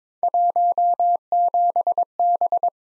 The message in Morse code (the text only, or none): 17B